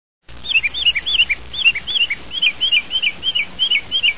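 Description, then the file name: Mockingbird calls, a rapid series of short, slurred, wavering high notes repeated about three times a second, with steady background hiss. "mocker call"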